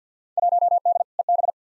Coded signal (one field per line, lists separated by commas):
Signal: Morse code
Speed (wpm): 50 wpm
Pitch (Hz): 700 Hz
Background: none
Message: 1D EB